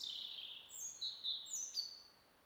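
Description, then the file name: European robin song, a phrase of high, thin, sliding notes run together. "Erithacus rubecula"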